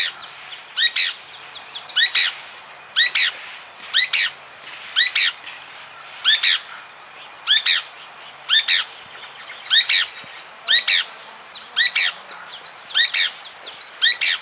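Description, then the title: Pale-breasted spinetail singing a clipped, doubled buzzy phrase over and over at about one per second, steady and clear against a quiet background. Subspecies occipitalis. "LuckyPassaro Completos2Sama. Pale-breasted Spinetail (Synallaxis albescens occipitalis)"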